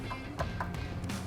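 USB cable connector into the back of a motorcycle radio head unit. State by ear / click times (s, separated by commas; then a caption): not seated / none. A USB cable connector is handled at the back of a Soundstream WHD14+ motorcycle radio head unit, with brief taps at about 0.4 s, 0.6 s and 1.1 s over steady background music. The connector has not seated or clicked yet.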